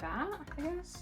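A shaped plastic display piece is being handled and lined up with its matching slot on the base of a 2023 collectible display stand. Someone talks throughout over faint background handling. Nothing has seated or clicked yet.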